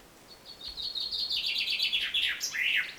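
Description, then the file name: Common chaffinch song phrase, a cascade of high notes falling in pitch and finishing with two looping, slurred end notes. "Fringilla coelebs"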